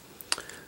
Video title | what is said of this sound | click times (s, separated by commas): Perfect Effect LEONIDAS (Lio Convoy): EmGo's Transformers Reviews N' Stuff | all the way around and push it up until you hear it click into place right there | 0.3 s